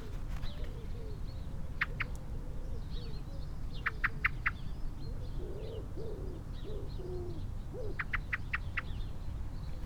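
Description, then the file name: Eurasian blackbird calls, sharp clicking notes in short quick runs, over low wavering notes and a dense chorus of high chirping birds. "Turdus merula"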